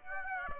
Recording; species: mosquito wingbeat signal from an infrared sensor; Aedes aegypti